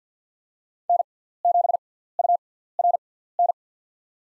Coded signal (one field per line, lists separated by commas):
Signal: Morse code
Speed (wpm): 50 wpm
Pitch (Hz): 700 Hz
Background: none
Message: N7URN